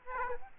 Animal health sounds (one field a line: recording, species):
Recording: mosquito wingbeat signal from an infrared sensor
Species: Aedes aegypti